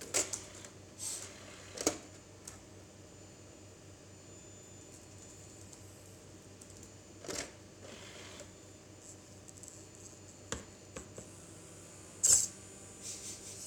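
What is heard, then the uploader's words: A prototype automatic CD ripping machine runs with a steady low mechanical hum throughout. Sharp clicks and brief clattering bursts break in irregularly, near 2, 7.5, 10.5 and 12.5 seconds, the loudest one near the end, with faint whirring between them. A prototype automatic Compact Disc ripping machine.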